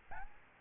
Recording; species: mosquito wingbeat signal from an infrared sensor; Aedes albopictus